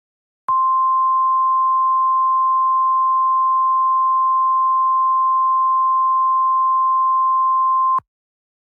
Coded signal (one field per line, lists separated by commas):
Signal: Emergency Alert System (SAME) tones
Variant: 1050 Hz attention tone